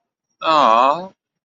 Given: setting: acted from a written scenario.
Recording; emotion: vocal sound without words; adoration